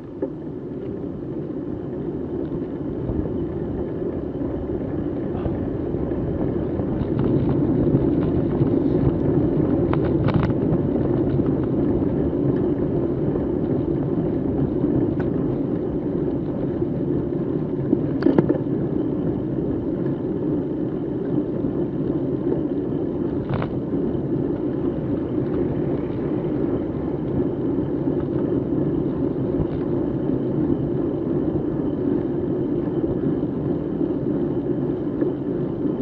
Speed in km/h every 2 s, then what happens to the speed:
21, 23, 26, 27, 25, 24, 22, 21, 20, 20, 21, 22, 22, 22, 22, 21, 21, 20.
0-5 speeds up to 27. 5-15 slows to 20. 15-36 steady at about 21.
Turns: none.